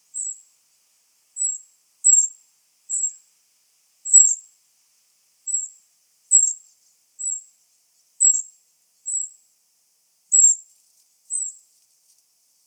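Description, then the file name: Eurasian wren calls: short, sharp, very high ticking notes repeated irregularly, with silence between them and no other sounds. "Troglodytes troglodytes"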